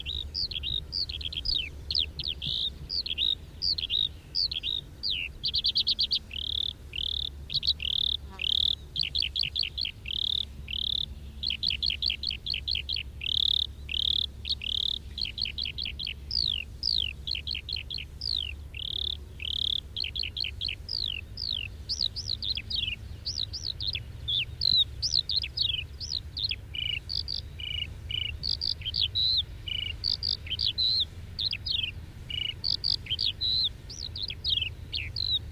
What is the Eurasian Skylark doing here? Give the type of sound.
flight song